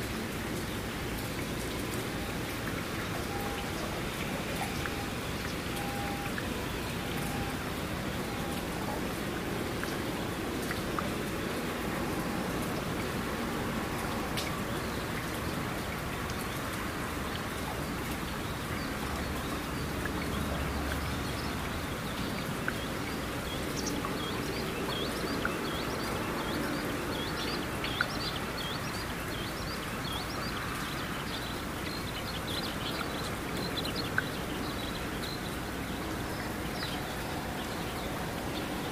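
Rain falls steadily throughout, a dense, even hiss with many small drop ticks spread across the high range. A low rumble sits underneath, and a few sharper taps stand out around 28 and 34 seconds. The level stays constant from start to end.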